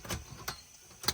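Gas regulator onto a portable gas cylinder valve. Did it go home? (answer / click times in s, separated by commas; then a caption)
no / none. A gas regulator is pushed onto the valve of a small portable cooking gas cylinder while camping. Sharp metallic contact sounds are heard at about 0.5 s and 1.1 s. Nothing has seated or clicked yet, and the regulator fails to lock in place, so it won't work.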